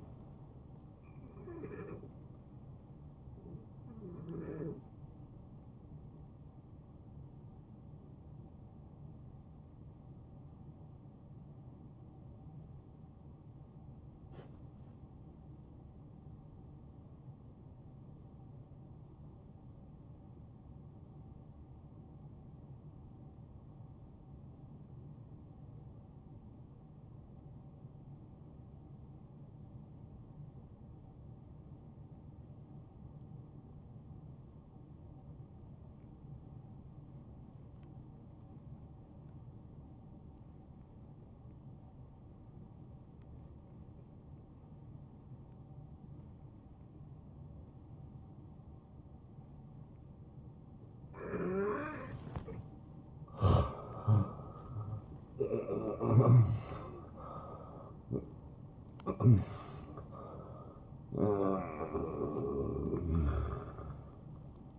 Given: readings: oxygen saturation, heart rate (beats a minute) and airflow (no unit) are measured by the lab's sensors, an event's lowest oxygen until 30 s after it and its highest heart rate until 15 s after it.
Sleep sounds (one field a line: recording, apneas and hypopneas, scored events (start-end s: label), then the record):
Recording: breathing in sleep by a smartphone at the bedside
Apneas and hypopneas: 1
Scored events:
16.00-54.10 s: obstructive apnea (N2, oxygen 92% highest, then 82% lowest, heart rate 73 at the start, 78 highest)
52.00-64.79 s: new sleep stage, N1 (lightest sleep)
From the record:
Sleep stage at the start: N2 (light sleep)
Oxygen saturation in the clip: 86 to 92%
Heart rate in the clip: 61 to 78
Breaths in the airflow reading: 5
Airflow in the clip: -12.9 to 9.8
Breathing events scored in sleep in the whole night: 263 in 5.5 hours asleep